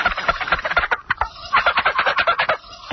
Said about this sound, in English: I have a live turkey in the studio with me today. You know, that thing is just as good as those turkey callers. Live. I have a flock of turkeys.